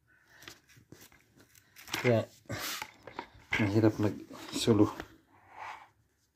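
A part of a small exercise device is being handled and fitted toward its mating piece while someone talks, with a few faint taps and rustles between the words. Nothing has seated or clicked yet.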